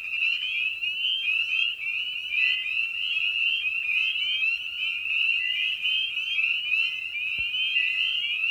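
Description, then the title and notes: Spring peepers calling en masse, shrill rising peeps layered densely, with a brief soft click near the end. Evening at a frog pond; presented in a modified format intended as a sleep aid. "Episode 5: Night of the Peepers. frog pond. Spring Peeper (Pseudacris crucifer). Ian Carlsen"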